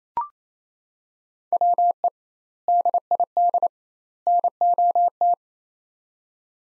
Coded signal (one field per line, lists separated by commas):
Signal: Morse code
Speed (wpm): 27 wpm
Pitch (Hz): 700 Hz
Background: none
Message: WE DID NOT